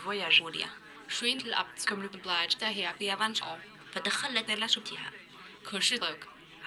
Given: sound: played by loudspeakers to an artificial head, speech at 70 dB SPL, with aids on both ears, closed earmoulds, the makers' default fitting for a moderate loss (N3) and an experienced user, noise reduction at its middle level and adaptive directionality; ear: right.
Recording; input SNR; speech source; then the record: speech test signal (ISTS) in cocktail-party noise; +9 dB; on the right (90 degrees)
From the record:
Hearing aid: class 1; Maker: E